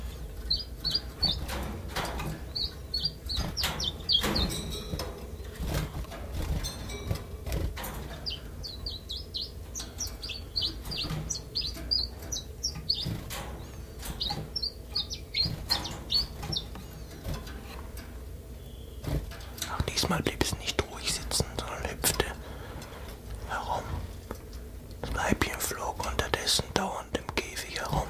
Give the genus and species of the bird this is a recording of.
Phylloscopus collybita